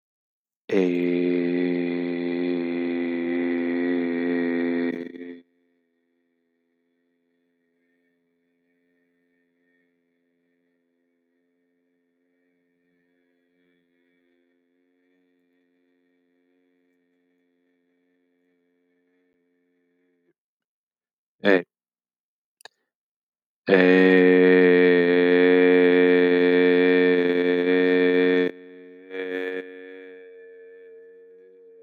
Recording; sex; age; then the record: vowel held as long as possible; male; 40 to 49 years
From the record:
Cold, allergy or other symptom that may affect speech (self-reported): no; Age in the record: 41 years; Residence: Illinois, United States